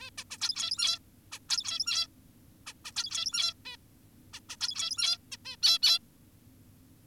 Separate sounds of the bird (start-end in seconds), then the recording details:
0.00-0.10, 0.18-0.24, 0.31-0.38, 0.41-0.99, 1.32-1.39, 1.49-2.07, 2.67-2.73, 2.85-2.92, 2.96-3.54, 3.65-3.77, 4.34-4.40, 4.49-4.57, 4.61-5.18, 5.32-5.37, 5.45-5.57, 5.63-5.79, 5.83-5.99. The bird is an adult. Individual g17y2U